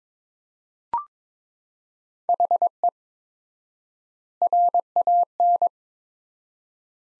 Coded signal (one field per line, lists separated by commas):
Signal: Morse code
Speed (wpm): 21 wpm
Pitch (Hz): 700 Hz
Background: none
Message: HE RAN